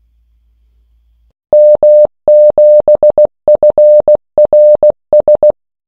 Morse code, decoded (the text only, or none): M7FRS